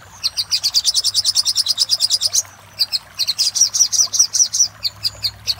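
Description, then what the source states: Little spiderhunter singing a rapid run of piercing high notes, pausing for about half a second, then resuming with a slightly slower series. Master recording for training cage birds; labelled labaik.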